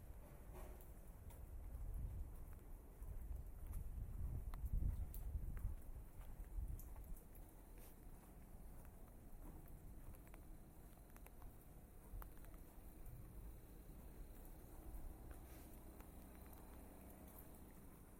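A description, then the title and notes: Footsteps and wooden clogs knock on wet concrete in the rain through a Tokyo street, sharp clacks coming every second or so. A steady hiss of rain runs underneath. A heavy low rumble fills the first seven seconds, then fades, leaving quieter rain and steps. WALKING IN THE RAIN TOKYO JAPAN. Walking in the streets of Tokyo, Japan. Rain bumps, walking on wet concrete, and wooden clogs on the streets.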